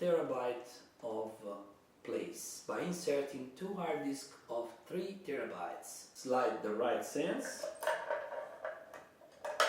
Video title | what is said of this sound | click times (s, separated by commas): xtreamer vs med8er | I hear a click and that's all. | 9.6 s